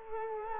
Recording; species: mosquito wingbeat signal from an infrared sensor; Culex quinquefasciatus